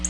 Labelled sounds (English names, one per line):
Black-throated Blue Warbler flight call